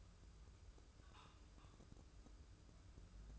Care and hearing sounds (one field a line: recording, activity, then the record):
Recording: daily activity, microphone in the room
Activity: take from stove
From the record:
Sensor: 2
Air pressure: 995.3 hPa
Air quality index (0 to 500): 78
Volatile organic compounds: 3 ppm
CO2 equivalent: 1381 ppm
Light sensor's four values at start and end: 20/67/26/24 and 19/66/25/24